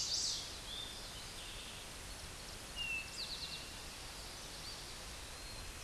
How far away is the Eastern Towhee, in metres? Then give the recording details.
about 35 m. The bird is about 5 m below the microphone. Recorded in a Pennsylvania forest on 16 May 2024 at 09:49. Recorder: AudioMoth, point MSD-1849. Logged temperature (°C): 12.1 °C. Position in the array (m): 2 m, 44 m